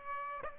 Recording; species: mosquito wingbeat signal from an infrared sensor; Aedes aegypti